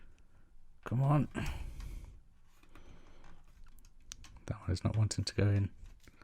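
Someone talks while pushing a stubborn small plastic or flexible hose into its socket on the wing frame of a DeAgostini Build Your Own X-Wing model, after it would not go in at first. Scattered small clicks and taps of plastic handling are heard between the speech. Nothing has seated or clicked home yet by the end of the clip.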